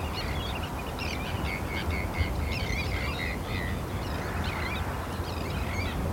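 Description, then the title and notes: Terns calling, a flock giving repeated harsh, rasping cries in quick overlapping bursts over a steady low rumble of rain. Recorded from a wooden bird hide at RSPB Hodbarrow nature reserve, Cumbria, in autumn rain. "Sound Escape 32: listening to cries of terns from a bird hide at Hodbarrow, Cumbria. Shelter from autumn rain in a wooden bird hide and listen to the exotic cries of terns at RSPB Hodbarrow nature reserve in Cumbria. Recorded by Martin Maudsley"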